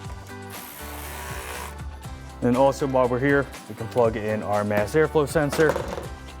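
A wiring harness plug is being handled at the mass airflow sensor on a new RedRock cold air intake tube of a 2009-2013 Silverado 1500 with the 4.8L engine. Someone talks over background music, but nothing has seated or clicked yet.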